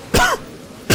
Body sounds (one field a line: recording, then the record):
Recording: coughing mixed with background sound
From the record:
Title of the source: Coughing 51